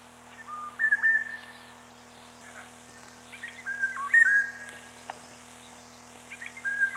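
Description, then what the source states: Eurasian golden oriole song: mellow, liquid whistles that step up and down in pitch in several phrases, over a quiet steady background. Date given as 22.05.94.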